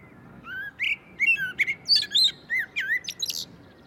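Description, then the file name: Common blackbird song: smooth warbled whistles with slides up and down, mixed with sharp, high twittering notes. "Turdus merula"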